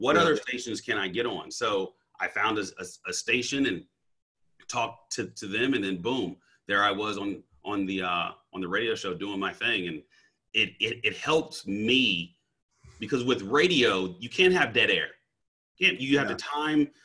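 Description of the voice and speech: Adult male speech with part-word repetitions and prolonged vowels, consistent with mild stuttering; he has stuttered since childhood and still stutters.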